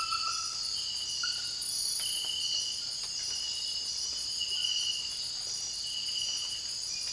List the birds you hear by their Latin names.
none